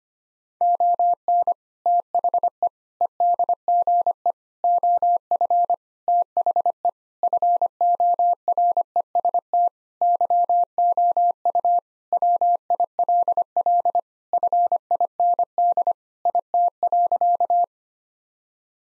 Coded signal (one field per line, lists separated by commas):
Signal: Morse code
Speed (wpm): 25 wpm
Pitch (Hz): 700 Hz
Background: none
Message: ON THE EDGE OF THE FOREST YOU WILL FIND IT.